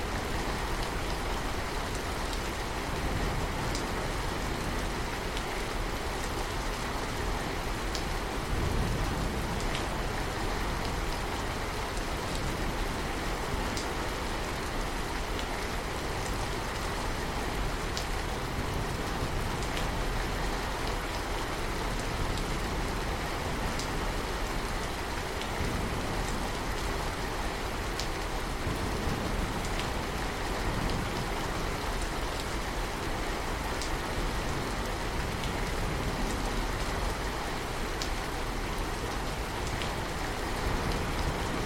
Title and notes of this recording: Stormy Symphony With Relaxing Rain & Majestic Wind On A Peaceful Night. Raindrops dance upon the glass of the big window